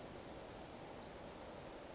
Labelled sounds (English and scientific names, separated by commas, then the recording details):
Western Flycatcher (Empidonax difficilis)
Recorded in Sonoma County, California